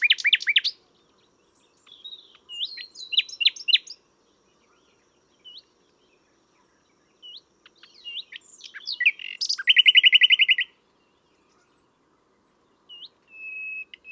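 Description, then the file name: Common nightingale song with varied chirps and slurred whistles, a loud rapid rattling series near ten seconds, and thin high upslurred whistles scattered between phrases. "Luscinia megarhynchos"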